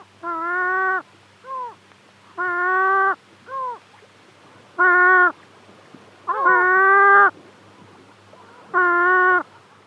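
Hohotunja calls: five long, nasal, harmonic wails, with short arched notes between the first ones, and a low steady hum behind.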